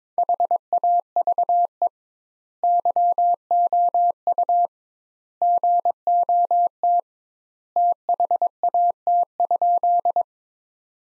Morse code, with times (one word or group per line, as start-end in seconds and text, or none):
0.2-1.9 HAVE
2.6-4.7 YOU
5.4-7.0 GOT
7.8-10.2 THAT?